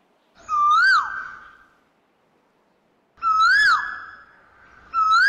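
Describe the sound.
Asian koel giving loud whistled calls that rise then drop sharply, each trailing off with a lingering echo-like tail.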